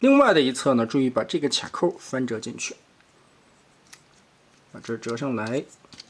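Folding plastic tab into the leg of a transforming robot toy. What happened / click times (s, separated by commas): Handled, not yet home: plastic part being folded and inserted, no seating click / none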